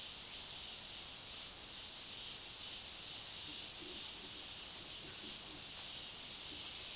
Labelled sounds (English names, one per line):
none